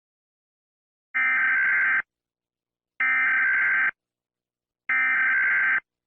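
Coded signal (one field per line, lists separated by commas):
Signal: Emergency Alert System (SAME) tones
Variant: header bursts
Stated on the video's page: Fictional dark EAS scenario, full version.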